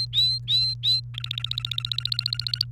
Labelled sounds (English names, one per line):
Domestic Canary song